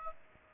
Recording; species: mosquito wingbeat signal from an infrared sensor; Aedes aegypti